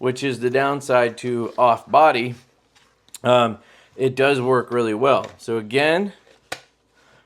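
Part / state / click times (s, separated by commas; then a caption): compact pistol into plastic holster / seated / 6.5 s. Someone talks, then a compact pistol is pushed into an open-ended plastic (kydex-style) holster. The retention engages with one sharp click at 6.5 s, taken as proof that retention is good.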